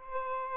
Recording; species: mosquito wingbeat signal from an infrared sensor; Aedes albopictus